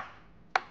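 A plastic access cover over the fuel pump inspection window on a Zontes 368G motorcycle is pressed back into its opening in the body panel after servicing. After a quiet stretch, one sharp, loud snap is heard at 0.56 s as the cover clips in and seats.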